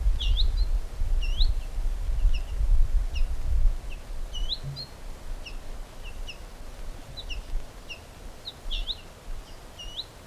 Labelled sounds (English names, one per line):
Ortolan Bunting alarm call